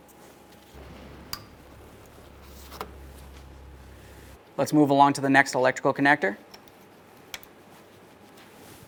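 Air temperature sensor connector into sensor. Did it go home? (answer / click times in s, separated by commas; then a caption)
yes / 1.3 s. On a 2013–2020 Ford Fusion, the small air temperature sensor electrical connector is pressed into the sensor behind the bumper cover on the passenger side, with a sharp click at 1.3 s as it seats. Fainter ticks follow at about 2.8 s and 7.3 s, and someone talks in the middle of the clip.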